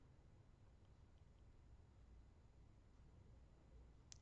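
The plastic top cover of a ceiling patient lift's hand control case is aligned and pressed firmly all the way around. Under a low steady hum, a single sharp pop sounds at 4.1 s as the cover snaps into place, showing the case has closed and seated.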